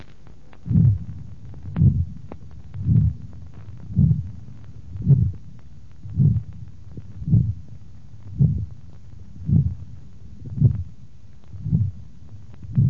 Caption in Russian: На аорте при сужении аортального отверстия. Выслушивается грубый систолический шум. Второй тон ослаблен или отсутствует.